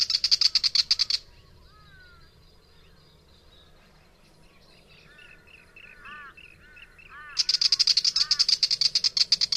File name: Willie wagtail